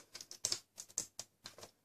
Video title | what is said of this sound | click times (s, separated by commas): Replacing an HP Pavillion Laptop Keyboard 15-f233wm. EASY | you'll hear it pop a little bit don't worry it's just clips | 0.4 s, 1.0 s, 1.2 s